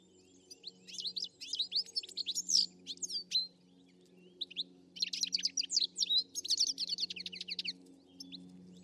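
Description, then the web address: Bird twittering, two long runs of rapid high chirps separated by a short pause, over a constant low drone. "Deverinetal. Bird Only"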